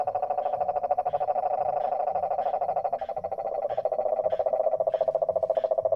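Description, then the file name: Cane toad calling with one long, loud, even trill of rapid pulses throughout, over a low background hum. Several cane toads recorded in San Jose, Costa Rica, on 17 July 2017. "2017-07-17 Cane Toads San Jose CR"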